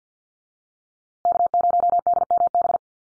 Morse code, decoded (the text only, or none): K0DMB